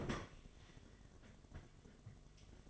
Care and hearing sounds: daily activity, microphone in the room; open fridge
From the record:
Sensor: 4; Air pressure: 1005.5 hPa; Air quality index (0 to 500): 174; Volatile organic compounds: 5 ppm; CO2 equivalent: 1709 ppm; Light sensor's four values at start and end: 6/12/5/4 and 5/11/4/4

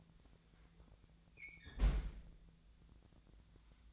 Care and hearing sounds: daily activity, microphone in the room; close fridge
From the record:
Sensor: 3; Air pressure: 1009.7 hPa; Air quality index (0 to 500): 192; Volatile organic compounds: 15 ppm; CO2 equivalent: 2500 ppm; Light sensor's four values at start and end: 38/94/40/43 and 38/94/40/43

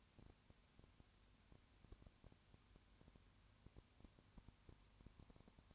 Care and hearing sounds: daily activity, microphone in the room; no activity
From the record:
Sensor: 2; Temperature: 20.3 degrees Celsius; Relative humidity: 35.6%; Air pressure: 1001.0 hPa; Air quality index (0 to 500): 197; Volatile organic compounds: 5 ppm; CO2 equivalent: 1736 ppm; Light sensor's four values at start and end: 2/3/2/2 and 2/3/2/2

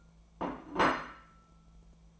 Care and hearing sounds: daily activity, microphone in the room; place plate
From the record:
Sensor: 1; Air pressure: 1000.3 hPa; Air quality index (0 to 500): 144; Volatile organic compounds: 3 ppm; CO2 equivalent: 1354 ppm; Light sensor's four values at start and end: 27/67/28/34 and 27/67/28/34

